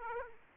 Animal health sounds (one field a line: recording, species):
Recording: mosquito wingbeat signal from an infrared sensor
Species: Aedes aegypti